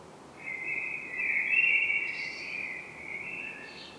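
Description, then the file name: Common blackbird delivering one long, smoothly warbled whistled phrase with brief high squeaky twitters added, over faint background hiss. "Turdus merula"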